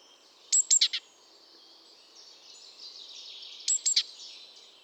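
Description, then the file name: Great tit calls: two bursts of three or four sharp, high, downward-stroked notes, about three seconds apart, over faint high-pitched chatter. "Parus major"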